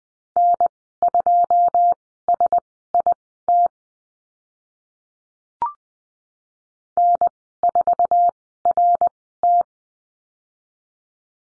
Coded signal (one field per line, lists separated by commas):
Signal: Morse code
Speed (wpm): 20 wpm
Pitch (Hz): 700 Hz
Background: none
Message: N2SIT N4RT